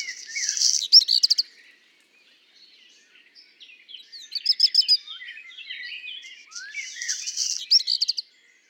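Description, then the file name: Black redstart song repeated three times, each high phrase finishing in a harsh crackling rattle, with softer blackbird warbles between them. Singing alongside common blackbird song; recorded at Le Puech on 5 June 2021. "050621-chant-de-rougequeue-noir-de-merle-noir-Le-Puech"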